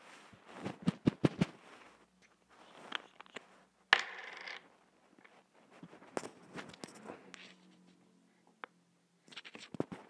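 Slime is being worked by hand, making wet squelches and sharp sticky pops. The pops come in quick bursts, densest in the first second and a half, around four seconds, and from six to seven seconds. Quieter squishing and a faint low hum fill the gaps.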